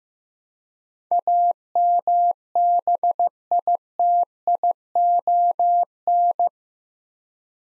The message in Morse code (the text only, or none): AMBITION